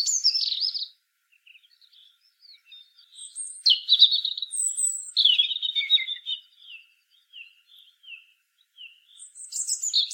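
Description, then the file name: European robin giving loud, short warbled phrases separated by soft, thin notes and pauses, ending with a bright high burst. "Erithacus rubecula"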